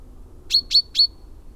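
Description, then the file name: Common chaffinch calling three times in quick succession, each note a brief bright chip, against a quiet low rumble. "Fringilla coelebs"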